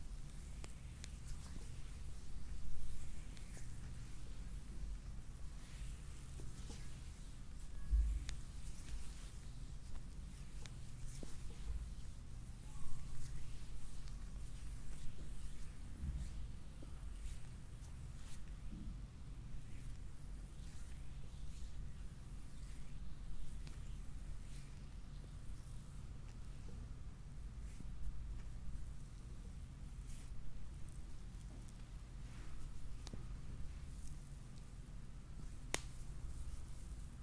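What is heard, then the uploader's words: An oily foot massage in a chair, heard as soft, irregular slick rubbing with small wet clicks and squelches scattered throughout. A steady low hum sits underneath the whole time, and the sound level stays fairly even from start to finish. ASMR relaxing oil foot massage in chair.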